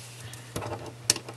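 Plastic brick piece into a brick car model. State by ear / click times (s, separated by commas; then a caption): seated / 1.1 s. A clip-on plastic brick piece is pressed into place on an Ecto-1 plastic brick car model, with softer handling noise around 0.6 s over a steady low hum. One sharp click is heard at 1.1 s, with faint rattles just after, as the piece snaps in and seats.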